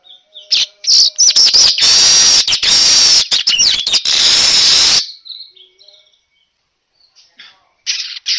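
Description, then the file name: Weaver song, an intense wheezy chattering stream with rapid rattles for about five seconds, followed by quiet gaps and a brief burst of chatter. Lure call of a vigorously singing manyar weaver, used to draw in other birds. "Suara Pancingan Burung Manyar Gacor Dor"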